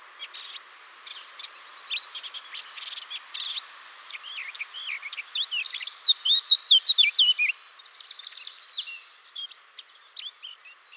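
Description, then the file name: Eurasian blackcap song, a dense run of scratchy twittering notes that swells midway into louder, clearer warbled phrases, then fades into sparse chips. "Sylvia atricapilla"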